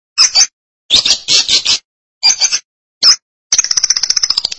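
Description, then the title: Lovebird song in short bursts of harsh, high chattering notes, separated by pauses, ending in a longer rapid buzzy trill. "BM Suara Burung Lovebird"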